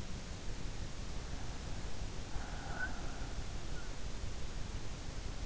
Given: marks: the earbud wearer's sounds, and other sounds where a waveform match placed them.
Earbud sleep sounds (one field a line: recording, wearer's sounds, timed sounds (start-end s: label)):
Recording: sounds in sleep by an in-ear microphone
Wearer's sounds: breath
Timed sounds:
1.57-3.91 s: breath